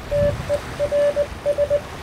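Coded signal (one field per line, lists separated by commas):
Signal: Morse code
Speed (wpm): 19 wpm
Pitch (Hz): 580 Hz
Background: none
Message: TERS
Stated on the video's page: Re-transmission of the historic VE Day message from Bletchley Park to Camp X, sent by radio clubs on the 70th anniversary.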